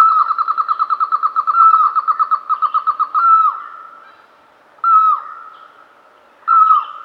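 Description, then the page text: Red-vented barbet duet: a long rapid train of pulsed notes, then separate downslurred notes spaced well apart. "Red-Vented Barbet Duet. Quick Sounds"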